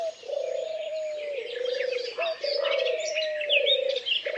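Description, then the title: Birds singing, a low sustained whistle running almost continuously under scattered high chirps and twitters. Many birds singing together in a forest. "Звуки птиц в лесу. pleasant carefree many-voiced singing of birds in the forest"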